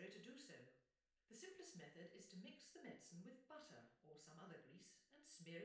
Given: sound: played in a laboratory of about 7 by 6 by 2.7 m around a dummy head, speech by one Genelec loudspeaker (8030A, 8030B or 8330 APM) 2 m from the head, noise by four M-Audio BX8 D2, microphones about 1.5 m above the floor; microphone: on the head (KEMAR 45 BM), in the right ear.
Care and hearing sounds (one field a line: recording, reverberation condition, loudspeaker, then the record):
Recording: female speech in English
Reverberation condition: medium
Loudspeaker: 30 degrees to the left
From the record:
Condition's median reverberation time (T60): about 510 ms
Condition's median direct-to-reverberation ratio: about -0.5 dB